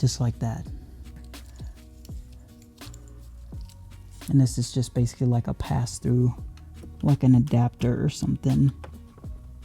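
A plastic pass-through adapter connector on a Tesla Model 3/Y wireless adjustable passenger seat accessory's switch harness is handled near the car's seat wiring plug while someone talks over background music. Faint handling ticks come through, but the connector has not yet been pushed in, and nothing has seated or clicked yet.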